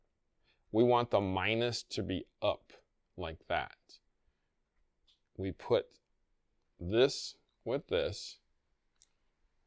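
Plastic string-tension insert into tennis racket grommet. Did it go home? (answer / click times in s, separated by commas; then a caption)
no / none. Someone talks while fitting a plastic Retenser string-tension insert, minus side up, against the grommets of a tennis racket frame to tighten the strings. The insert does not snap into the grommet but stays in place; nothing has seated or clicked yet.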